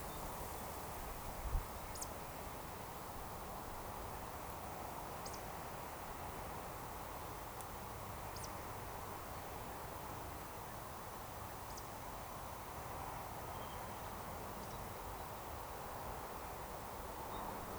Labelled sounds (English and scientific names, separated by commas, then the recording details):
Eurasian Woodcock (Scolopax rusticola)
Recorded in Baden-Württemberg, Germany, on 28 June 2020 at 19:30 UTC
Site 43791, 788 m above sea level